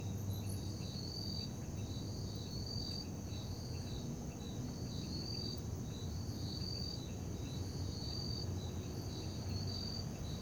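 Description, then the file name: Cricket chirping at night, regularly repeating pulsed high trills over a steady high hum and low rumble. Night ambience in Parque da Liberdade. "Ambiencia parque da liberdade a noite com grilos, morcegos, moto longe e sapos"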